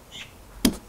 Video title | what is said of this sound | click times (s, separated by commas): Tige de selle carbone CANYON VCLS - La grosse surprise !! - 491 | je serre la vis ici jusqu'à ce que la clé dynamométrique face le petit clic pour dire que je suis bien arrivé au couple de serrage idéal | 0.7 s